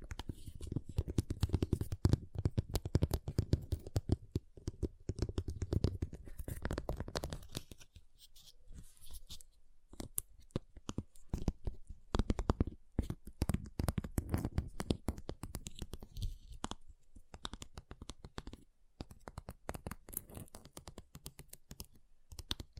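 Ice is tapped, scratched and carved in rapid, dense clicks and scrapes that run throughout. The first seven seconds are fuller, with heavier low thumps under the crisp ticking; after that the sounds turn lighter and sparser, with brief pauses between bursts.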